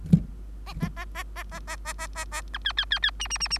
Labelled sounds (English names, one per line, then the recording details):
Bengalese Finch song
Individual Bird3